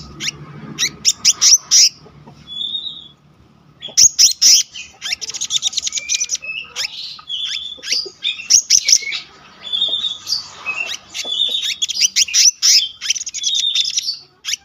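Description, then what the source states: Selendang biru song, a long rolling run of rapid high chirps, trills and short whistles with one brief pause early on, otherwise nearly nonstop. Continuous rolling song style called gacor ngeroll, with isian.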